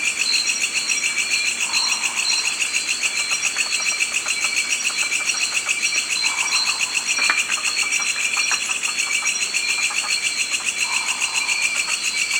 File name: Pal Scops Owl